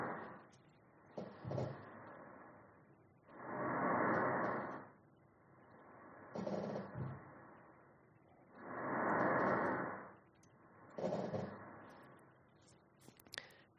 Sound recorded through a stethoscope on the chest wall of a smoker.